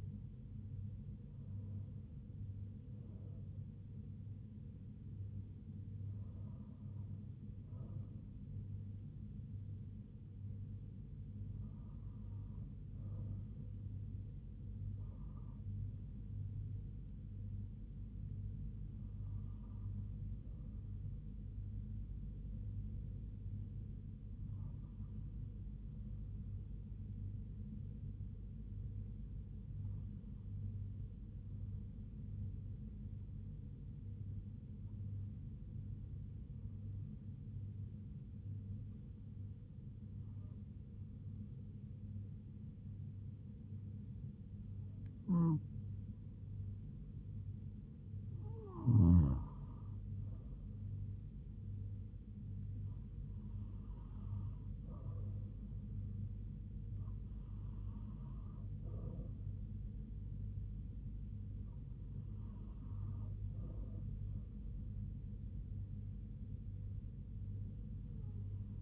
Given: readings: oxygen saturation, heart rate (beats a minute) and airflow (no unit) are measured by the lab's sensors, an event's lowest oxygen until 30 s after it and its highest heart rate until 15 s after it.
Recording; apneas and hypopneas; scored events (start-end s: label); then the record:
breathing in sleep by a smartphone at the bedside; 1
0.00-21.00 s: awake
23.00-50.40 s: hypopnea (N1, oxygen 97% highest, then 95% lowest, heart rate 75 at the start, 80 highest)
51.00-68.82 s: new sleep stage, N2 (light sleep)
From the record:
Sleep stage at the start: N1 (lightest sleep); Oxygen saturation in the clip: 95 to 98%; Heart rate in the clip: 70 to 80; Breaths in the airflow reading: 14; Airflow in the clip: -5.4 to 4.5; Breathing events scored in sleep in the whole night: 158 in 7.3 hours asleep